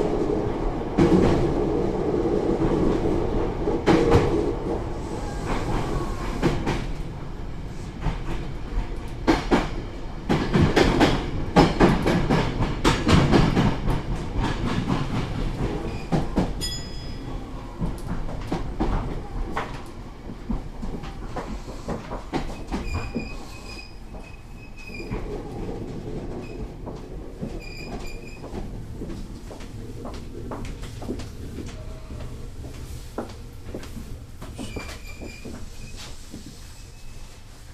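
Heard from inside a commuter train, the ride opens loud with deep rumbling and quick, irregular clicks and knocks over the rail joints for the first fifteen seconds. The noise then eases into a softer, steadier roll as the train slows, with thin high whines appearing near the end.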